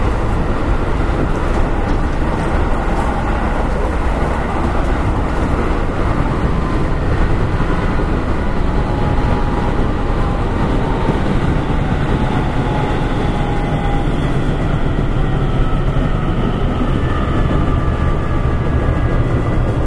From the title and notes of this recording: 京阪5000系 準急 京橋から枚方市まで. 京阪電気鉄道5000系電車の走行音です。 京阪本線の準急列車で録音しました。 It is running noise of the Keihan Electric Railway 5000 series train. I recorded on a semi express train on the Keihan main line.